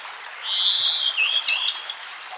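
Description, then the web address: Common sandpiper calls, a long thin whistle falling slightly, then a few sharp high piping notes near the end. "soud perevozchik"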